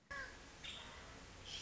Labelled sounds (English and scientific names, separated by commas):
Nuttall's Woodpecker (Dryobates nuttallii)